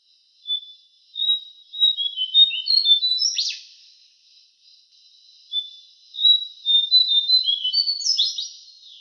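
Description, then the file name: Lesser shortwing song: two bursts of high, rapid, jumbled twittering notes, separated by a short pause, with no other clear sounds. "suara cingcoang cokelat"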